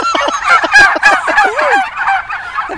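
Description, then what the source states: Turkey flock bursting into gobbling, overlapping fast rattling gobbles from many birds, with a swooping lower call midway. A flock of free-range turkeys on Paul Kelly's farm gobbles suddenly, startled by something, during an interview.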